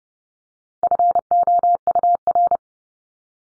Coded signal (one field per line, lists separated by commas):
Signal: Morse code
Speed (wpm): 30 wpm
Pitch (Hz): 700 Hz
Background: none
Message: FOUR